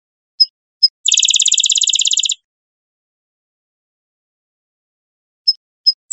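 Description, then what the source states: Rufous-winged sparrow gives two quick chips followed by a rattling, evenly pulsed trill, then a long pause and further single chip notes. Recorded 28 April 2001.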